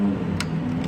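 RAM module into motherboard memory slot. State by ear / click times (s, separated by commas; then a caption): seated / 0.4 s. A RAM module is pushed into its memory slot on the motherboard inside an all-in-one computer. Over a steady low hum, one sharp click sounds at 0.4 s, with a fainter tick near the end. The module is seated.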